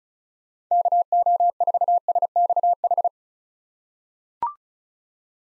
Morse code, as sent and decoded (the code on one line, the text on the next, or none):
-.- --- ....- ... -..- ....
KO4SXH